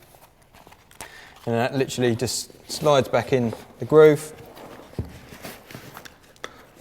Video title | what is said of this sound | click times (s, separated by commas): Mares Hybrid AT BCD - www.simplyscuba.com | The buckle locates in and you just push it back until it clicks and that's locked into place | 6.4 s